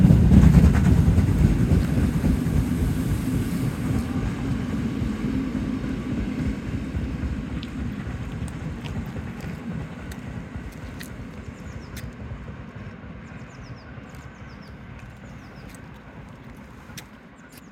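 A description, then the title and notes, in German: A steam locomotive pulls away, its low chuffing rumble steady at first and then fading gradually, with faint high chirps and clicks later on. Dampflokausfahrt Großbothen --> Grimma. Bespannung: 50 3648 (Schlepptenderführend). Fahrtroute: Chemnitz – Mittweida – Döbeln – Leisnig – Grimma und zurück.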